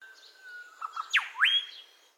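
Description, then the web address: Grey shrike-thrush call: a soft steady whistle, two short notes, then a loud downward-sweeping note followed by a sharply rising whistle. Australian native bird. "Foundation Updates Bird Grey Shrike-Thrush call"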